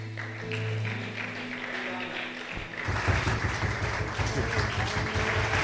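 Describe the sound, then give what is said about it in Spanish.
An audience breaks into sustained applause for the Lord, the clapping swelling loudly after a few seconds and continuing as a dense, steady roar over a low held organ or keyboard tone. “¿Puede darle un aplauso al Señor?”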